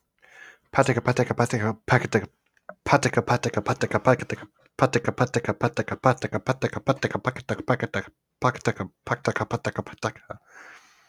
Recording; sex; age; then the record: repeated syllables /pa ta ka/; male; 20 to 29 years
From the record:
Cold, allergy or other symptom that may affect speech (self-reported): no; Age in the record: 24 years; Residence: New Jersey, United States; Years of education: 16